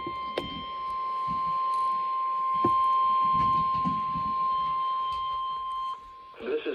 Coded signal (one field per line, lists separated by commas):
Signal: Emergency Alert System (SAME) tones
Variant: 1050 Hz attention tone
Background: speech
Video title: November is finally over | EAS 437-438